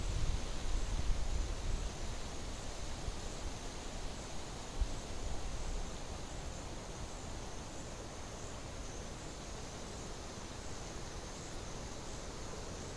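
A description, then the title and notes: Quiet ambience around a cozy Midwest cottage, with a steady, even hiss and a constant high, thin drone like insects. Soft low thumps and rustles come and go in the first half, then the scene settles into an unchanging calm. The Quiet Midwest Cottage (Sleep & Study Soundscapes). A cozy, quiet cottage in the Midwest, USA.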